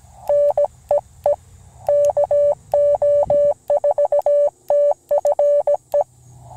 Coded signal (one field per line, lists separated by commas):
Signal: Morse code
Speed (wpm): 17 wpm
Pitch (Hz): 580 Hz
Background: none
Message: NEE KO4TFE